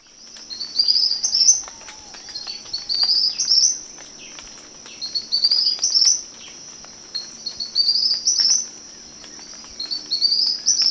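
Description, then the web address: Tropical kingbird giving rapid, high chattering bursts, several phrases a couple of seconds apart, over a continuous high whining tone. Recorded 20 September 2011. "chants 20110920 TYRMEL"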